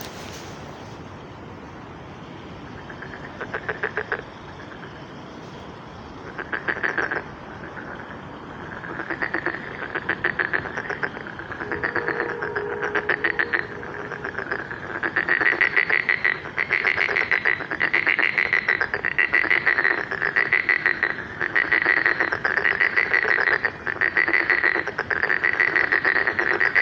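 Frogs croak at a pond on a spring evening. The calls start sparse and quiet, then from about ten seconds build into a dense, steady chorus of rapid, bright pulsing croaks that repeat almost without pause. A low, soft hum runs underneath throughout.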